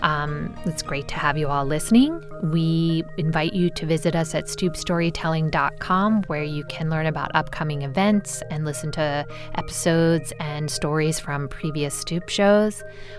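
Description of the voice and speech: Clear, fluent adult female speech at an even, conversational pace with a steady, ordinary voice; no disorder heard.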